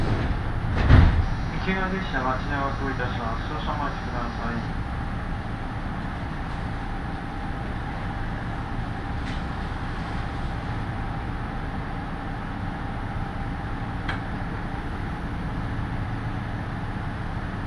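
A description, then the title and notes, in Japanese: A ride on the Yoro Railway, with a steady low rumble of the train running the whole way through. Near the start a sharp knock is followed by a few seconds of a voice speaking, and later two faint clicks sound over the even drone. 養老鉄道 揖斐→大垣→養老。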